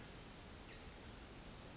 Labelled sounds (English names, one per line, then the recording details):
Pacific Wren
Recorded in Sonoma County, California